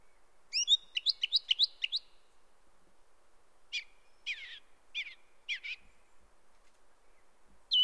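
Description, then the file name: Song thrush singing: a rapid run of repeated ringing notes, then a bright phrase repeated four times at steady intervals. "grive musicienne"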